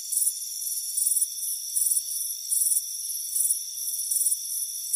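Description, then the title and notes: Cricket chirps come as bright, high trilled bursts at a steady pace, with a constant shrill hum underneath. Crickets chirping on a warm afternoon on a front porch. "Soothing Crickets Chirping Sound. It's a warm afternoon as you relax in a hammock on the front porch. Relax and fall asleep to the soothing sound of chirping crickets. Deep Sleep Sounds"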